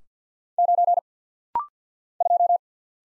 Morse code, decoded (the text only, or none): 9 2